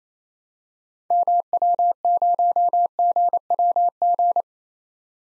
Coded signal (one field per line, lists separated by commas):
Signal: Morse code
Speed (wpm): 28 wpm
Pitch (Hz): 700 Hz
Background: none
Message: MW0GWG